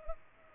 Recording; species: mosquito wingbeat signal from an infrared sensor; Culex pipiens